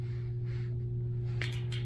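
A torque wrench set to 25 ft-lb tightens the nut on a concrete wedge anchor bolt that holds a Backyard Discovery pergola post to concrete. A sharp click sounds at 1.4 s over a steady low hum, with a few softer clicks just after. The click shows the wrench has reached its 25 ft-lb torque setting.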